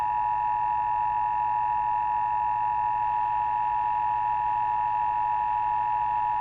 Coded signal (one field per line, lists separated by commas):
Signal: Emergency Alert System (SAME) tones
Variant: 853 and 960 Hz attention tone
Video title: Poppy playtime chapter 3. An EAS scenario VHS￼